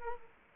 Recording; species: mosquito wingbeat signal from an infrared sensor; Culex quinquefasciatus